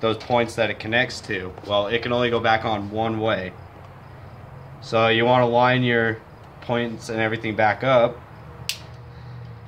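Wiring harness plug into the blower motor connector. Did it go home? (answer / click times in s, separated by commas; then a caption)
yes / 8.7 s. Someone talks while a blower motor wiring harness plug is lined up with its groove and points and pushed onto its mating connector. A short, sharp click at 8.7 s marks the plug seating into place.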